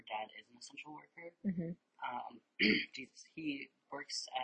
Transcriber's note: clears throat